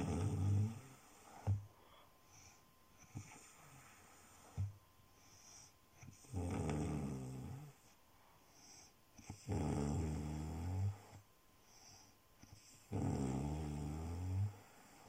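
Low, rattling snores recur about every three seconds, roughly 18 breaths a minute, with quiet gaps between them. The steady, rhythmic pattern is ordinary snoring during sleep.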